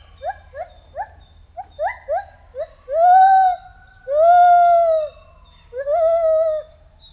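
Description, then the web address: White-handed gibbon call sequence: short rising hoots repeated quickly, then three long, loud arched wails, each sliding up and gently down. Captive animal at a zoo in Debrecen, recorded 2019 during a first encounter. "allathangok debrecenizoo 2019. feherkezu gibbon"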